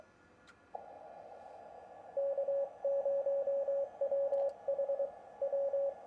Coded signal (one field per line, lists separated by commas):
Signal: Morse code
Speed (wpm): 23 wpm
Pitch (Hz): 560 Hz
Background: radio noise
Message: K0WHW